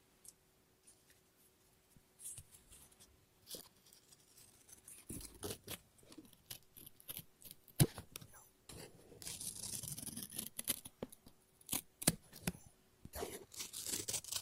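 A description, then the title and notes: Scissors snip and cut paper, starting with a few isolated crisp clicks and building after about five seconds into denser runs of snips. Between cuts comes a soft rustle of paper, and a faint steady hum sits underneath. ASMR Scissors No Talking Snips and Cutting Paper.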